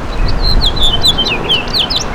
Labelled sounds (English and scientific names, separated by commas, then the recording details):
House Finch (Haemorhous mexicanus) song
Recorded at East Hampton on Long Island, New York, on 15 June 2013
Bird A